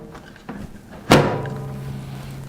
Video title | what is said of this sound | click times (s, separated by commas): Emeril Lagasse AirFryer 7-Quart Model #HF-196DT | problem we were having was when the basket snaps in place | 1.1 s